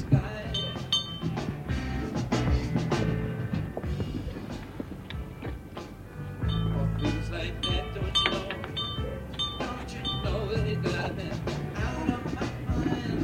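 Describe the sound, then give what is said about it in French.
A pull-handle house doorbell, its pull handle like a toilet flush handle, jangles in a series of bright, metallic clinks and rings, scattered unevenly over several seconds while people talk underneath. “C'est la maison, tu vois, sur la droite, où il y a, pour tirer la sonnette, c'est qu'on appelle ça une poignée de WC.”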